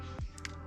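A microSD card is pushed into the card slot of a GoPro Max action camera, with its writing facing the same way as the touchscreen. Over a steady low hum, a soft thump comes at about 0.2 s, a faint tick at 0.4 s, and a sharp click at 0.5 s as the card latches. The card is seated.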